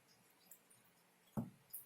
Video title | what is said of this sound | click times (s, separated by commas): Tutorial memasang kabel LAN RJ45 type/ model Straight | adabul bunyi suara klik ya Oke | 0.5 s, 1.4 s